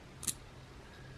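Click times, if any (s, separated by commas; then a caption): 0.3 s. The tool-less pivot lever on a Venom Harppon folding knife is tightened and pushed back into position in the handle until its notch engages. A small precursor tick comes at about 0.2 s, then one sharp, bright snap at 0.3 s. The lever is locked in place, and the low hum underneath stays steady.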